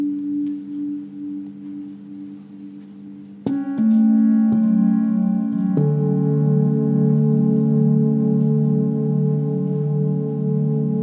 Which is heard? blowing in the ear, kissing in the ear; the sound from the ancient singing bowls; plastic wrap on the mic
the sound from the ancient singing bowls